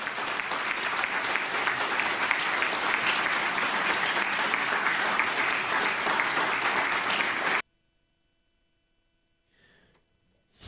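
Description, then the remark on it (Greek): Loud, dense applause from a crowd, a steady wash of many hands clapping for about seven seconds before cutting off abruptly into near silence, with a faint murmur at the end. “θα βάλεις κονσέρβα ή να χειροκροτήσουμε αυθόρμητα?”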